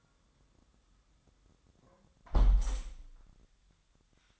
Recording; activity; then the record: daily activity, microphone in the room; close window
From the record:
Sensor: 3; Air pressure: 1004.6 hPa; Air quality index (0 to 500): 82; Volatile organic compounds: 2 ppm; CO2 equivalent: 1243 ppm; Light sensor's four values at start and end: 7/17/7/6 and 7/16/6/6